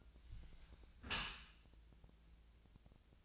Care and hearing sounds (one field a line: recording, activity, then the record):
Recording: daily activity, microphone in the room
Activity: close dishwasher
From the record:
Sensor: 2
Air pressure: 1000.4 hPa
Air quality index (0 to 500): 165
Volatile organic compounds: 3 ppm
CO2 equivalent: 1365 ppm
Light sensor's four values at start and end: 11/30/12/13 and 11/30/12/13